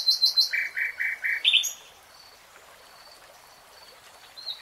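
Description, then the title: Nightingale song opening with a fast run of repeated chirps, followed by thin drawn-out whistles over soft background hiss. Nightingale singing in real time. "[Tiếng chim hót] 3 Hours REALTIME Nightingale Singing"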